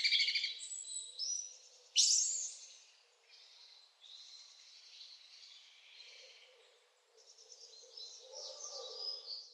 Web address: zvuk s tiha pesen na ptici za fon montaz